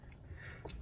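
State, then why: Seated. A wiring harness plug is pushed by hand onto the oil pressure sensor, out of sight behind the engine of a 2001–06 Chevrolet Suburban, Tahoe or Silverado being repaired for a maxed-out, misreading oil pressure gauge and an oil leak. Over a low background hum, the plastic locking tab snaps over its catch in two quick clicks at about 0.7 s, and the connector is seated.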